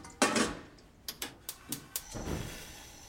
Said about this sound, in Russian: Она достает из шкафа чашку и поворачивается.